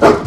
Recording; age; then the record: pig call; growing-finishing pig (85 days or more)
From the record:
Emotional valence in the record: positive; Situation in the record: run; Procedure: transit